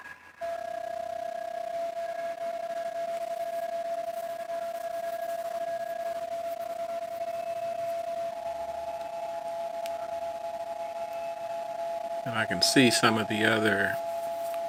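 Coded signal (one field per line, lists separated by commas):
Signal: PSK31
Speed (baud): 31.25 baud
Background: speech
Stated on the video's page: PSK31 from an FTDX10 at 40 watts into a 71 ft end-fed antenna, using FLDIGI.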